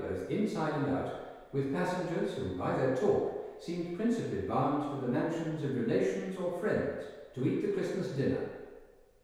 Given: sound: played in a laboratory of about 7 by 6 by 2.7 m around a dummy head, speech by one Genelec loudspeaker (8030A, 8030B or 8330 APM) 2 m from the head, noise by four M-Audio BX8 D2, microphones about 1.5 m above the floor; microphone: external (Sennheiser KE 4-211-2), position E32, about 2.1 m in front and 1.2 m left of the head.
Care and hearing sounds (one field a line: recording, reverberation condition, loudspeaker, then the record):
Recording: male speech in English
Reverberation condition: high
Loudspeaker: 150 degrees to the right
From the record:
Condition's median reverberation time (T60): about 1300 ms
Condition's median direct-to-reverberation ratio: about -4.0 dB